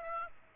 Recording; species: mosquito wingbeat signal from an infrared sensor; Aedes aegypti